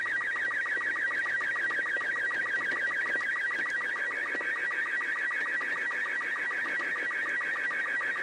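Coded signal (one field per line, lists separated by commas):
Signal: SSTV (slow-scan television)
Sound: continuous warbling whistle-like tone with fast, steady rhythmic clicks underneath, throughout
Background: radio static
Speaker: I think I'm going to go for it and just send off a couple of pictures with CQ on it and just see if anything comes back.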